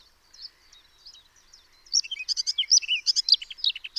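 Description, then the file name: Eurasian blackcap: soft, quiet twittering opens, then breaks into a loud, fast, varied warble of sharp high notes and short slurred phrases. "Sylvia atricapilla"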